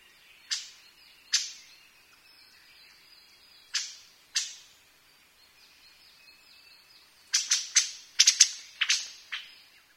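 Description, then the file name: Brown-headed thrush giving sharp, brief clicking call notes, a few spaced singly early on, then a quick burst of several notes near the end. "akahara"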